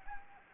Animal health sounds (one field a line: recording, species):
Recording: mosquito wingbeat signal from an infrared sensor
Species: Anopheles arabiensis